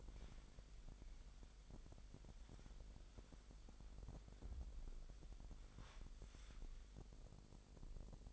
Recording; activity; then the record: daily activity, microphone in the room; wipe stove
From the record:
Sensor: 5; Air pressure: 1001.0 hPa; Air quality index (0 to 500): 247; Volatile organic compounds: 34 ppm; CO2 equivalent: 3041 ppm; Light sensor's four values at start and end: 28/64/26/24 and 31/72/29/27